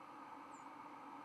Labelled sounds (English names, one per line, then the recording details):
White-throated Sparrow flight call
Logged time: 02:40 on 24 November 2014